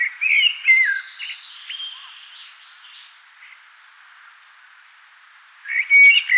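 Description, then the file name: Common blackbird, warbled fluty phrases of whistled notes at the start, a quiet gap, then another mellow phrase near the end. "Turdus merula"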